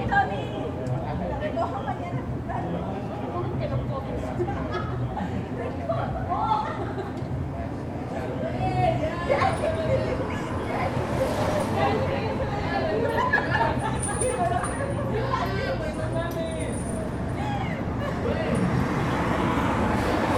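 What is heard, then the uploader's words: Outside bars, overlapping voices chatter steadily while a low rumble of passing traffic runs underneath, with brief bright clinks now and then. Outside bars. Perched on a stoop across from several small bars, friends can be heard bar hopping, a bus arrives, and Uber cars come and go.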